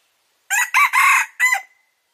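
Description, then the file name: Red junglefowl crow, loud and hoarse, broken into four quick bursts with the longest in the middle and a short final note. Wild male junglefowl crowing. "Tieng ga trong rung gay"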